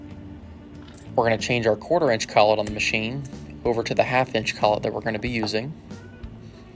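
Someone talks over music while changing the router spindle's quarter-inch collet over to a half-inch collet, handling the half-inch collet to press it into the spindle's collet nut. Nothing has seated or clicked yet.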